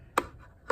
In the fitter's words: Going back, just put it in, and kaboom, it just snaps right in.